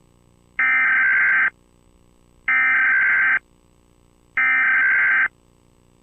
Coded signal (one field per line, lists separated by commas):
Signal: Emergency Alert System (SAME) tones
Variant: header bursts